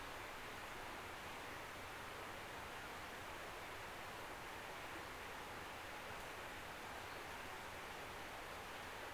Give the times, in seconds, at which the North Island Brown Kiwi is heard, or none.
none